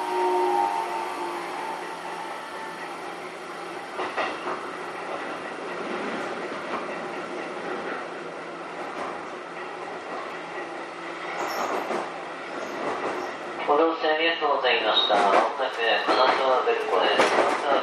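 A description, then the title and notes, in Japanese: A commuter train running between stations, heard from inside the car: a steady rumble with a low motor whine and clattering wheels over the track for most of the clip. Near the end the sound grows louder and busier, with voices and chatter mixing in. 京急新1000形1800番台 新逗子〜金沢文庫。逗子線で録音。1367編成では東芝製SEA-548 永久磁石同期電動機（PMSM）と4台の主電動機を1台で制御するSVF102-G0主制御装置が採用。主電動機出力は190kWとされた。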